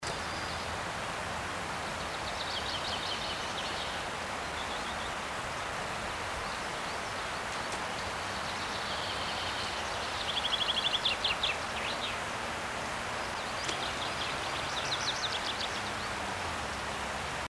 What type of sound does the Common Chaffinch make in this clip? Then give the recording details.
song. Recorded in the wild. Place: Montreux, Kanton Waadt, CH. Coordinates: 46.4517, 6.97722. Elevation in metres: 1514. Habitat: mountains. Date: 1986-05-20. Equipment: Uher 4000 Report, Sennheiser MKH 815 T. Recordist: Tretzel, Erwin. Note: Col de Jaman, bei Montreux, Schweiz: Gesang